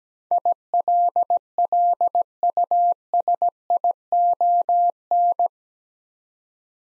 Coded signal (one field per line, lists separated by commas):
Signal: Morse code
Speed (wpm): 17 wpm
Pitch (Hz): 700 Hz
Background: none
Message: ILLUSION